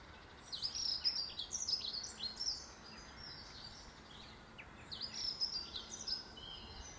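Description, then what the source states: Bird song: high twittering and chirping phrases in a burst lasting about two seconds, then a quieter gap and a second burst. In a garden.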